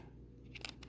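A plastic wiper blade adapter is slid down onto the metal wiper arm of a GM Chevy truck until its round part sits in the groove. After a low steady hum, a few short, sharp plastic ticks are heard, with the loudest click at 0.7 s. The adapter is seated on the arm.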